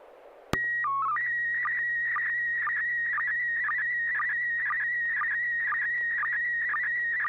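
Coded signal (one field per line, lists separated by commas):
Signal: SSTV (slow-scan television)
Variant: PD120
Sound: click, short warbling header tones, then steady high whine with regular brief low blips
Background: radio hiss and hum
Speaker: uh yeah I think I am uh this will be pd120 thanks Bill here we go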